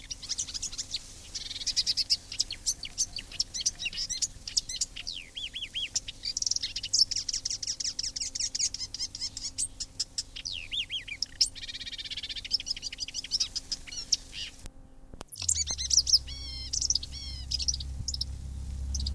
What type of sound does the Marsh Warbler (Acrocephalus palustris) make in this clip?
song